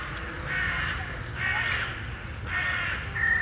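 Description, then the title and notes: Crow or raven cawing, four rough, hoarse caws at uneven intervals over low background rumble. Corvids (ravens or crows) in Bois de la Cambre, Brussels, Belgium; recorded with Earsight V2 AB microphones into a Zoom F3. "Bois de la Cambre, Bruxelles, Bruxelles-Capitale, Belgique - corvids, woodpeckers planes and joggers. Corbeaux. corneilles, pic épeiche avions et joggers"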